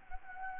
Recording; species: mosquito wingbeat signal from an infrared sensor; Anopheles gambiae